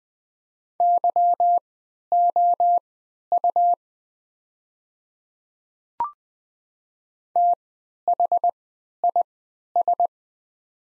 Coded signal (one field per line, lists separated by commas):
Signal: Morse code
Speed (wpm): 20 wpm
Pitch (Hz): 700 Hz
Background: none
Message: YOU THIS